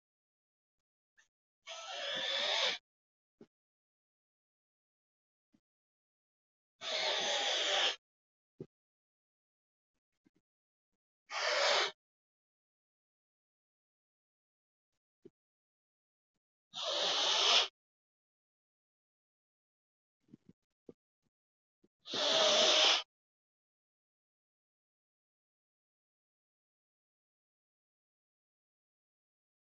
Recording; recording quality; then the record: deep breathing; excellent, no background noise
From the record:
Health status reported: respiratory illness, not identified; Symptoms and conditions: asthma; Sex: male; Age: 55 years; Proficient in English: yes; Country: India